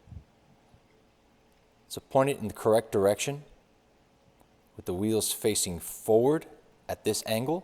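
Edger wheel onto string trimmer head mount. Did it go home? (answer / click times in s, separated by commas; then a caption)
no / none. Someone talks while lining up the edger wheel, which has two tabs on top, over the square mount on the head of a WORX WG163 GT 3.0 20V PowerShare 12-inch cordless string trimmer-edger, pointing it with the wheels facing forward before sliding it on. The speech comes in bursts with quiet pauses between them. Nothing has seated or clicked yet.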